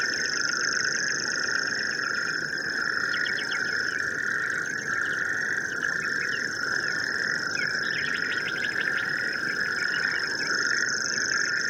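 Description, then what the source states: Natterjack toad chorus: a steady, ringing trill running throughout, with a thin buzzing reel above. Several toads singing at a pond, alongside a reeling Savi's warbler.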